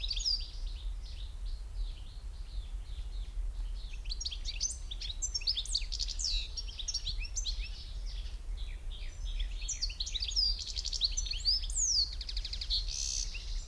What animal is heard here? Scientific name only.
Carduelis carduelis